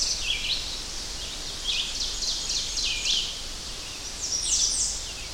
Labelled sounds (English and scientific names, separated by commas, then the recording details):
Ovenbird (Seiurus aurocapilla) song
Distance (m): 60 m
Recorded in boreal forest in Alberta, Canada, on 10 June 2016 at 05:52
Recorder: SongMeter 3, array SBT-3-39
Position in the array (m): 208 m, 164 m
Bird 17